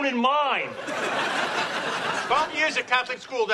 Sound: soundbite of laughter

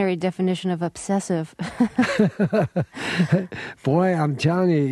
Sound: soundbite of laughter

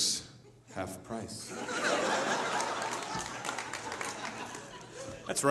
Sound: soundbite of audience laughter

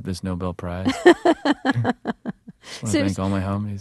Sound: Soundbite of Laughter

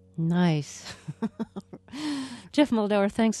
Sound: soundbite of laughter

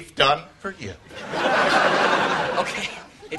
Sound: soundbite of laughter

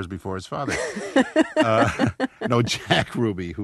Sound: soundbite of laughter

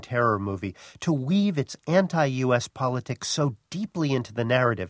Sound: none

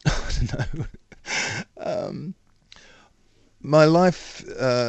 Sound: soundbite of laughter

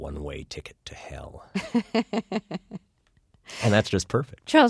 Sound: soundbite of laughter

